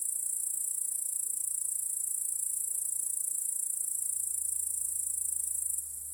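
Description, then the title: Crickets keep up a continuous thin, high trilling hum over a faint low rumble, the sound quietening suddenly just before the end. Backyard crickets chorusing at night. "Crickets in Your Backyard 🏡. Discovering the Sounds of Home"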